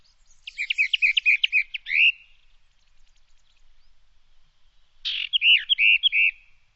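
Bird singing a quick phrase of several warbled notes, then a pause of about three seconds and a similar shorter phrase.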